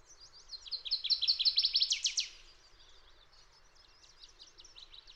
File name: Fox Sparrow